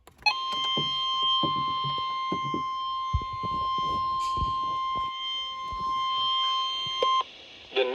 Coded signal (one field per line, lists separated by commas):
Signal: Emergency Alert System (SAME) tones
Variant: 1050 Hz attention tone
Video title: Flash Flood Warning (EAS#185)